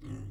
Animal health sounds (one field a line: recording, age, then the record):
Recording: pig call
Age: weaner (32 to 43 days)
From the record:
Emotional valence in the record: positive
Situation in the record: positive conditioning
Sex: female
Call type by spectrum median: low-frequency call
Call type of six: low-frequency stable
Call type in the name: low-frequency stable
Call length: 0.30 s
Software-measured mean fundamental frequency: 51 Hz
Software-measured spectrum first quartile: 97 Hz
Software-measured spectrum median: 170 Hz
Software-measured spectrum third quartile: 364 Hz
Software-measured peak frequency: 112 Hz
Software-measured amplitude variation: 92 dB a second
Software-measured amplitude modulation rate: 21.3 a second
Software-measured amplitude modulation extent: 4.3 dB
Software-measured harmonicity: 0.6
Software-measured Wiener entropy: 0.09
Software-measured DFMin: 886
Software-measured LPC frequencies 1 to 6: 253, 1154, 1934, 2832, 4454, 5712 Hz